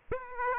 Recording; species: mosquito wingbeat signal from an infrared sensor; Aedes aegypti